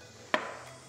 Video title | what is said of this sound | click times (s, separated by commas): Flair Signature Review and Tutorial: The most in-depth review to watch before you buy! | i'm not mistaken that clicks into place like that | 0.3 s